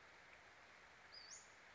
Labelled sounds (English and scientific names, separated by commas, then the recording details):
Western Flycatcher (Empidonax difficilis)
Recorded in Sonoma County, California